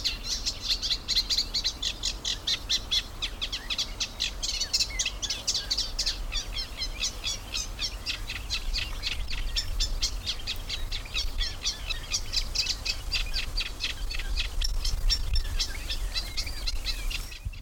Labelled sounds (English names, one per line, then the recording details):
Eurasian Reed Warbler
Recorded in the wild
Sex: male
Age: adult
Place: Karower Teiche, Naturpark Barnim, Berlin, DE
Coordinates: 52.62, 13.46
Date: 1995-06-05 11:28
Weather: sonnig, 18°C
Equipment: Sony WM-D6C, Sennheiser ME 80, Kopie Uher 4000 Report Monitor
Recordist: Tembrock, Günter